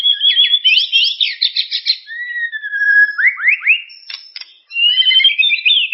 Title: Kicau Murai Batu